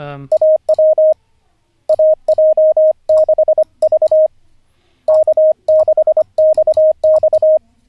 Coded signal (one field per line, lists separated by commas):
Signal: Morse code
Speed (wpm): 25 wpm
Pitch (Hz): 620 Hz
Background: none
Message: AW AJ6V K6XX